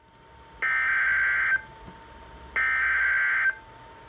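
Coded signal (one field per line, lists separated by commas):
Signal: Emergency Alert System (SAME) tones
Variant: header bursts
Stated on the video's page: River flood warning SAME alert received on NOAA Weather Radio station KEC83.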